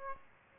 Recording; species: mosquito wingbeat signal from an infrared sensor; Aedes aegypti